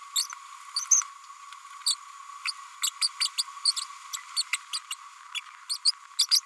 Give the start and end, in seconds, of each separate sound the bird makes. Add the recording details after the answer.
0.15-0.27, 0.76-0.85, 0.90-1.02, 1.86-1.95, 2.45-2.52, 2.82-2.90, 3.01-3.08, 3.20-3.28, 3.38-3.43, 3.65-3.72, 3.76-3.81, 4.53-4.57, 4.73-4.79, 4.91-4.95, 5.34-5.41, 5.69-5.78, 6.31-6.40. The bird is a female. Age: 32 days. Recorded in a nest box in Venezuela. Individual 17B102A5